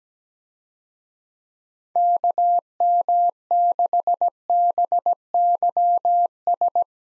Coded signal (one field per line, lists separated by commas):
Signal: Morse code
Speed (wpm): 17 wpm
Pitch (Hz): 700 Hz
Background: none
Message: KM6BYS